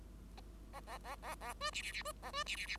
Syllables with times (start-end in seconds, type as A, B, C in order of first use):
0.73-0.80 A, 0.87-0.98 A, 1.04-1.16 A, 1.22-1.35 A, 1.40-1.53 A, 1.60-1.71 B, 1.73-1.82 C, 1.82-1.92 C, 1.92-2.02 C, 2.05-2.12 B, 2.22-2.31 A, 2.33-2.43 B, 2.46-2.56 C, 2.56-2.66 C, 2.66-2.77 C